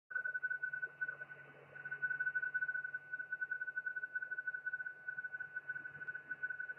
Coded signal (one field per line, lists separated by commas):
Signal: PSK31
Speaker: well what you've been hearing is a program